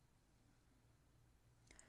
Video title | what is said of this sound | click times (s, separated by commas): APX unboxing and disassembly | So you pull the slide back just a little bit, and then you push in on this little pin till there's a click. | 1.7 s, 1.8 s